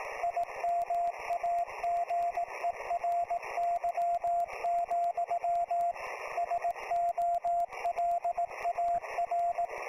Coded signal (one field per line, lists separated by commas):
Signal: Morse code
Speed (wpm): 18 wpm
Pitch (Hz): 690 Hz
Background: radio noise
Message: IMAGERY, SOLAR